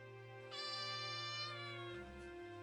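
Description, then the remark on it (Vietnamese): A tabby cat at Mr. Kha's house lets out one long, drawn-out meow that holds a steady pitch and then slides downward, over a constant low hum. “Con mèo mướp nhà ông Kha từ qua đến giờ rất quấn quýt với thầy Lương.”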